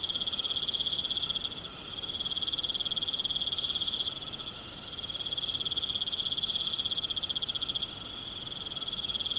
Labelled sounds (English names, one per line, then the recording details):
none
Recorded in pastures near Puerto Asís, Putumayo, Colombia, on 21 March 2025 at 19:30
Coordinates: 0.486, -76.323
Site G075